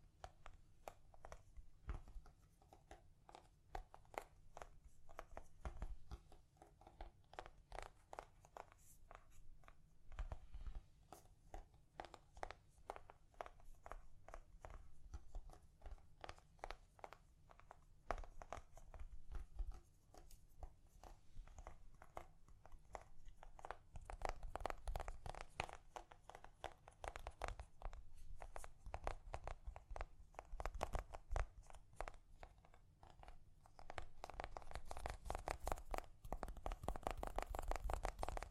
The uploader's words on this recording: ASMR Gently Tapping You to Sleep (No Talking).